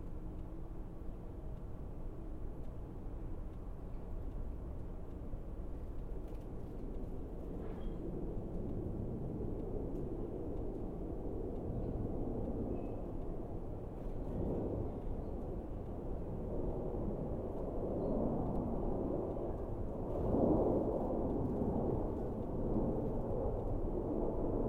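A steady low rumble of traffic fills the scene, dense and continuous, with a light wind mixed in. The roar swells slightly around 14 and 20 seconds as a vehicle passes. A few faint high chirps or beeps surface briefly near 8 and 12 seconds.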